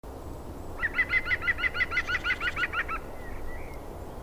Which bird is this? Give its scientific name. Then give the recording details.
Picus viridis. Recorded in the wild. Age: adult. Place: Schönow, Naturpark Barnim, Brandenburg, DE. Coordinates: 52.6931, 13.5169. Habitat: wood. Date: 2007-04-07 18:42. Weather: heiter, 10°C, mäßiger Wind. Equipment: Sound Devices 702, Sennheiser MKH 70, Windkorb. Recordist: Frommolt, Karl-Heinz. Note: Ruderale Freifläche im Nordteil des Naturschutzgebietes Schönower Heide: Rufreihe. Entfernung ca. 50 m. Mikrofon war von Beginn an in die richtige Richtung gerichtet. Tier nicht gesehen